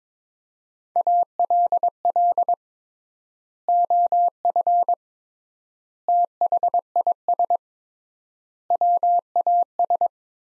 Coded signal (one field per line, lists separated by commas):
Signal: Morse code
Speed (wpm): 22 wpm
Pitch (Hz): 700 Hz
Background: none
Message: ALL OF THIS WAS